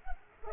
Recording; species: mosquito wingbeat signal from an infrared sensor; Culex pipiens